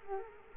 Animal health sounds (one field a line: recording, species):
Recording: mosquito wingbeat signal from an infrared sensor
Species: Culex quinquefasciatus